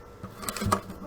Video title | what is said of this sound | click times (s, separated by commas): Ammunition Storage : How To Store Ammo During Shortage 2021 | then you're going to push down on it with a little bit of force you'll hear a positive click | 0.7 s